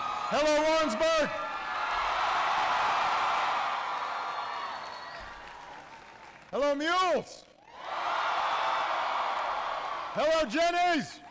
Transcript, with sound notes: Hello, Warrensburg! (Applause.) Hello, Mules! (Applause.) Hello, Jennies!